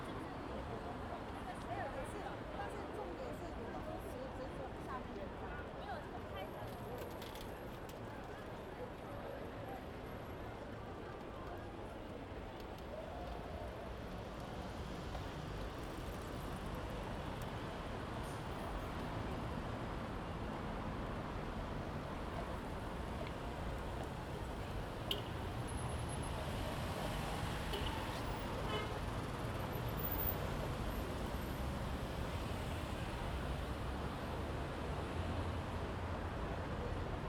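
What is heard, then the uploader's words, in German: Trams and nightlife in Berlin: a dense, steady wash of overlapping voices and low traffic rumble runs throughout, swelling slightly after about 25 seconds. Thin, high squeals or tones cut through briefly around 7–10, 26 and 30 seconds. Strassenbahnen und Nachtleben in Berlin.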